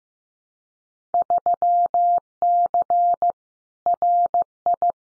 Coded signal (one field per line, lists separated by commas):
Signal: Morse code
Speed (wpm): 15 wpm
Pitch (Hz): 700 Hz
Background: none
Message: 3C RI